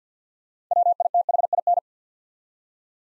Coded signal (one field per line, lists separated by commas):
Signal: Morse code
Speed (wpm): 52 wpm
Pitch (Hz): 700 Hz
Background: none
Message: WITHIN